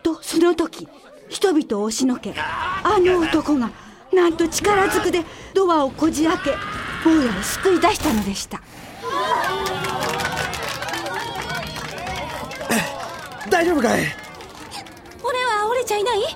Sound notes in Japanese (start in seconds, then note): 8.9 ワーッと叫ぶ乗客の歓喜のどよめき; 8.9 パチパチ鳴る大きな拍手